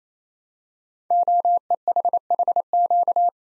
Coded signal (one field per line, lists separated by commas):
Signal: Morse code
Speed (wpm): 27 wpm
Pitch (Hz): 700 Hz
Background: none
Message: OEHHQ